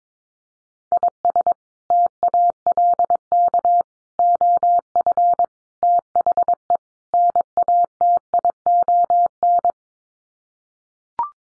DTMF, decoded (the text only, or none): none